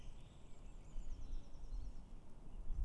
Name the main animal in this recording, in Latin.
Cyanistes caeruleus